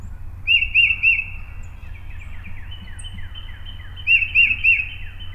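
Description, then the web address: Tufted titmouse giving two quick phrases of three bright whistled notes, over soft buzzy downslurred notes. Recorded 20 March 2007. "Tufted Titmouse 2007 03 20"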